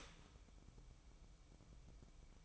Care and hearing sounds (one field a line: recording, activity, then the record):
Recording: daily activity, microphone in the room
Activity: start toaster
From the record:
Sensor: 1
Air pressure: 1007.2 hPa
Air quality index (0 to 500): 73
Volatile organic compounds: 1 ppm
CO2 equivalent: 653 ppm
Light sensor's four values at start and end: 7/17/7/7 and 7/17/7/7